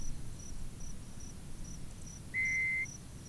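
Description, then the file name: Night parrot call: a single flat, drawn-out whistle lasting about half a second, over steady rapid cricket chirping and a low background rumble. "Night Parrot Pezoporus occidentalis"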